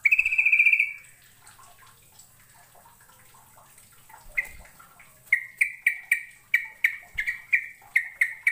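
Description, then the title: Bird song opening with a rapid trilled burst, followed after a pause by a long run of sharp, evenly spaced whistled chips, several per second. "Kicau Burung"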